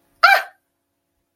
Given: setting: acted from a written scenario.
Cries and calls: vocal sound without words; negative surprise

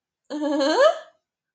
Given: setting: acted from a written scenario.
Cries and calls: vocal sound without words; positive surprise

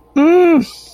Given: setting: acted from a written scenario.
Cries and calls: vocal sound without words; distress

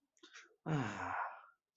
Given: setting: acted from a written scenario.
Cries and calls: vocal sound without words; contentment

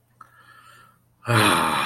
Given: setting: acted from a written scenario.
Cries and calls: vocal sound without words; contentment

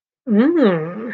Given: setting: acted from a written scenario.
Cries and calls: vocal sound without words; desire

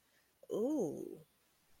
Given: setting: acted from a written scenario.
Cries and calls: vocal sound without words; desire

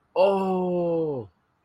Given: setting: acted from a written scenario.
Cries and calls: vocal sound without words; realization

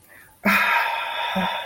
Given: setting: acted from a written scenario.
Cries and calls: vocal sound without words; ecstasy

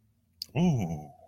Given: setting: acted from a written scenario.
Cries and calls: vocal sound without words; interest

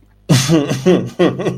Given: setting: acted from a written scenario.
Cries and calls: vocal sound without words; amusement

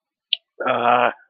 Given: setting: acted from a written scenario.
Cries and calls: vocal sound without words; shame

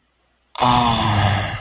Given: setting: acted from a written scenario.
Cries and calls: vocal sound without words; ecstasy

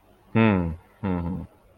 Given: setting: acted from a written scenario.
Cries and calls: vocal sound without words; serenity

